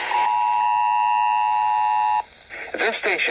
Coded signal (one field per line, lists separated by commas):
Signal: Emergency Alert System (SAME) tones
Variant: 853 and 960 Hz attention tone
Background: speech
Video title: EAS #76-79: Illinois's first RMT of the decade